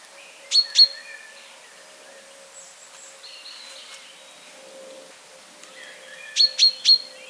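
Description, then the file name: Common chaffinch giving short, sharp calls, a pair early on and a quick run of three near the end. "Fringilla coelebs"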